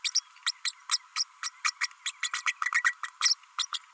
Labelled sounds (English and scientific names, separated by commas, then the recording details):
Green-rumped Parrotlet (Forpus passerinus) babbling
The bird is a female
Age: 32 days
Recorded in a nest box in Venezuela
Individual 17B32A5